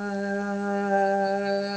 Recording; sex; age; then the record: sustained vowel /a/; female; 60 to 69 years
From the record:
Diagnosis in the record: healthy control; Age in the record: 67 years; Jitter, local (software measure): 0.24%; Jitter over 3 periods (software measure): 0.15%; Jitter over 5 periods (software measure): 0.15%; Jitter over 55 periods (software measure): 0.54%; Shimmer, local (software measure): 3.6%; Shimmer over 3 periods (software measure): 1.7%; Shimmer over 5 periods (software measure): 1.8%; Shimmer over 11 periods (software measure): 3.5%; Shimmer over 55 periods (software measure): 12.8%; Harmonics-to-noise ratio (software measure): 14.4 dB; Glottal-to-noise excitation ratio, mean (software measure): 0.87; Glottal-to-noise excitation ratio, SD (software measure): 0.031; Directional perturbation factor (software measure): 69.3%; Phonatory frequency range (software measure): 0.06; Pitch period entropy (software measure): 0.40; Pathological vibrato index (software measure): 0.13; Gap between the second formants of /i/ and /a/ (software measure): 1088 Hz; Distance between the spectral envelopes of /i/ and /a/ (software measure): 9.3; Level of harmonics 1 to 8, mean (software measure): -8.4, -9.9, -9.5, -11.5, -32.2, -31.7, -23.2, -16.8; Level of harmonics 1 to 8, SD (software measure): 1.9, 2.6, 5.5, 6.4, 4.9, 5.4, 4.9, 4.0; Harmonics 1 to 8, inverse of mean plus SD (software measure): 0.097, 0.080, 0.067, 0.056, 0.027, 0.027, 0.036, 0.048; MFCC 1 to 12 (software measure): -1.3, -8.9, -6.4, -11.1, -10.0, 4.0, -2.3, -22.3, -9.4, 3.0, -13.5, -7.8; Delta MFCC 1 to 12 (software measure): -0.022, 0.007, 0.006, -0.043, 0.027, 0.011, 0.021, 0.013, -0.001, 0.025, -0.024, 0.038